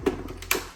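A plastic blender jar full of peanuts is set down onto the blender's motor base. After a soft knock near the start, it lands with a sharp knock at 0.5 s, and the jar is seated on the base.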